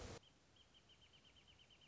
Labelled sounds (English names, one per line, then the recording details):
Wrentit
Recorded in Sonoma County, California